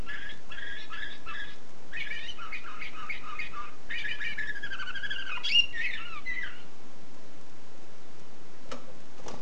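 Canary song: fast chirped phrases and warbled trills for about six seconds, then silence broken by two faint clicks.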